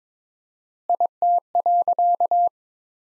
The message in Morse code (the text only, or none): IT.